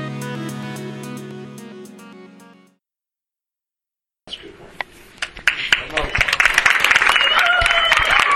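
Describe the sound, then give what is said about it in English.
A church audience at Family Worship Center bursts into cheering and applause during a sermon, starting with scattered claps and swelling into loud, sustained clapping with whoops and shouts. It follows a short musical passage and a brief silence. “You have to cheer louder than I can preach. Come on! That's loud.”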